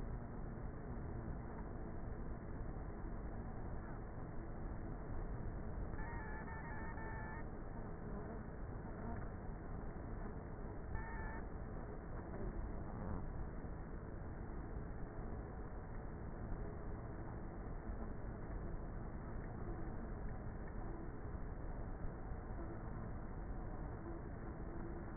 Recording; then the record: honeybee colony, microphone inside the hive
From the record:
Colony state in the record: queenless with a low population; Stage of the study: before two queens were removed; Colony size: about 30,000 bees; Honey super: no